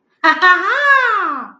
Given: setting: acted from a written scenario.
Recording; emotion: vocal sound without words; elation